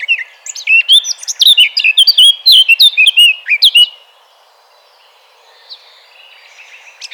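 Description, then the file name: Eurasian blackcap song: a loud, rich warble of quick whistled notes lasting about four seconds, followed by near silence with a few faint high notes. "Sylvia atricapilla"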